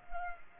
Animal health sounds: mosquito wingbeat signal from an infrared sensor; Culex pipiens

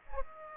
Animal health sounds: mosquito wingbeat signal from an infrared sensor; Aedes aegypti

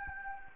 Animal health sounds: mosquito wingbeat signal from an infrared sensor; Anopheles gambiae

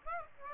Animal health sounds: mosquito wingbeat signal from an infrared sensor; Aedes aegypti

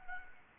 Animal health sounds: mosquito wingbeat signal from an infrared sensor; Anopheles arabiensis

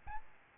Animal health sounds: mosquito wingbeat signal from an infrared sensor; Aedes albopictus

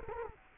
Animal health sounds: mosquito wingbeat signal from an infrared sensor; Culex quinquefasciatus

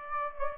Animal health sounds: mosquito wingbeat signal from an infrared sensor; Aedes aegypti

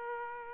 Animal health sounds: mosquito wingbeat signal from an infrared sensor; Aedes aegypti

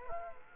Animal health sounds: mosquito wingbeat signal from an infrared sensor; Culex quinquefasciatus

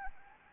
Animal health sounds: mosquito wingbeat signal from an infrared sensor; Anopheles arabiensis

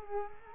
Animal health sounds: mosquito wingbeat signal from an infrared sensor; Culex quinquefasciatus

